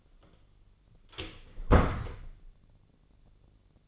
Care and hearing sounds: daily activity, microphone in the room; close door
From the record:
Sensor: 4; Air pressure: 1010.1 hPa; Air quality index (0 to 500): 192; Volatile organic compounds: 3 ppm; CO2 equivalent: 1382 ppm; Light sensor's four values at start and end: 31/77/31/33 and 34/83/34/35

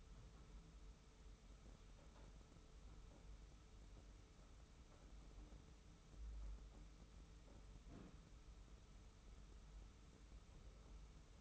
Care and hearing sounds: daily activity, microphone in the room; wipe stove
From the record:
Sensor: 1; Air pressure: 991.5 hPa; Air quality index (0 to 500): 135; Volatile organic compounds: 536 ppm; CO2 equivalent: 4865 ppm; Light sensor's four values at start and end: 40/124/49/50 and 40/124/49/51

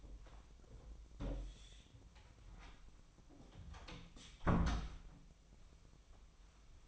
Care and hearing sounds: daily activity, microphone in the room; close door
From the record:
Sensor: 1

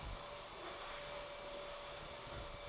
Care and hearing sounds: daily activity, microphone in the room; vacuum cleaning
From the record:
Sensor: 5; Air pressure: 1012.0 hPa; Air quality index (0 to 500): 247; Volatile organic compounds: 5 ppm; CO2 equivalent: 1706 ppm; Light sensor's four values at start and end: 36/84/34/35 and 36/84/34/35

